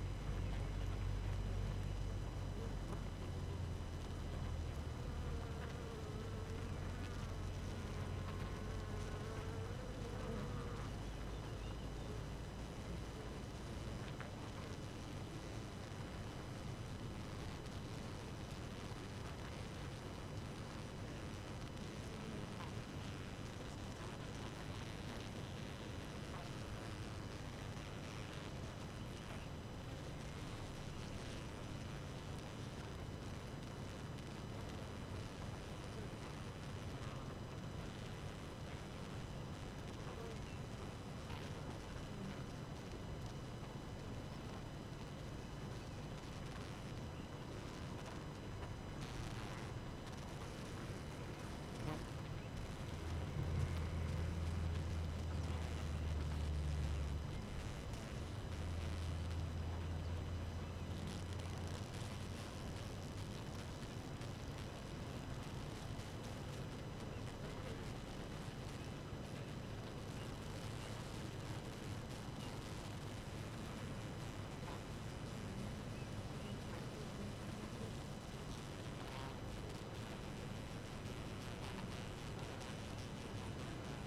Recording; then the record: honeybee colony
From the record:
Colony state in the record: active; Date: 12 June 2018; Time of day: 4:33